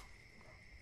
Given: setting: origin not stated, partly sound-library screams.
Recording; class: one-second piece from a danger detection set; normal situation